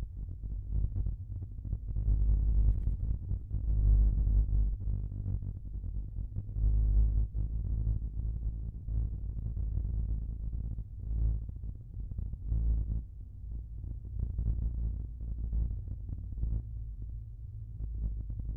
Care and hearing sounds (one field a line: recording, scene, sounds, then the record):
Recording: everyday scene through a hearing-aid microphone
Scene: in a vehicle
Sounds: engine, rumble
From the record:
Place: Skoda Fabia, gasoline engine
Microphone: behind the ear, left, front